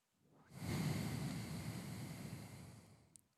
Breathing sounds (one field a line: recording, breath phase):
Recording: one breath near a microphone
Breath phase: exhalation